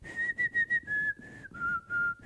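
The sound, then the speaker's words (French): A person whistles a pop melody alone, a string of clear, pure notes in short phrases with brief breaks, the pitch stepping gently downward before settling into longer held tones. “Je ne sais pas si vous replacez un peu l'air que je vais tenter de vous siffloter.”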